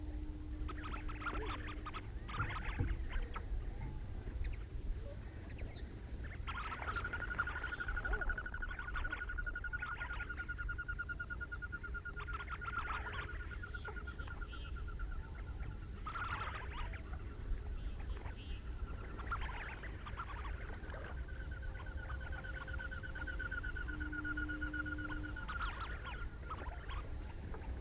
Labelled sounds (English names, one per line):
Tufted Duck call